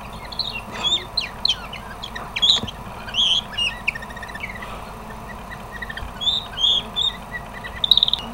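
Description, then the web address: Canary singing in short bursts of sharp chirps and bright whistled notes, with brief gaps between phrases and a constant low background hum. Pet canary, the owner's own recorded sample. "lemmikit kanarialintu kanaria oma"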